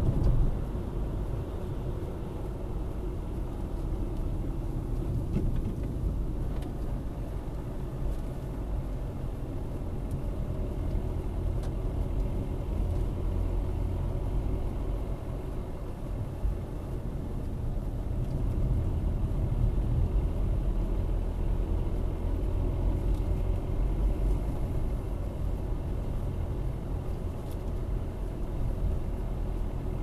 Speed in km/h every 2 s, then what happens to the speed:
47, 41, 36, 34, 32, 30, 32, 33, 31, 30, 32, 33, 34, 32, 31.
0-9 slows to 30. 9-30 steady at about 32.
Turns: none.